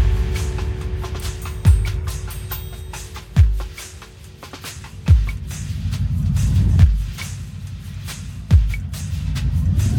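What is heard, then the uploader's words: A room in the city library in Hamm, Germany, filled with a steady low rumble like passing traffic. Sharp thuds land about every two seconds, near 1.7, 3.4, 5.1, 6.8 and 8.5 seconds, with fainter clicks and ticks scattered between them. A room in the city library Hamm, Germany.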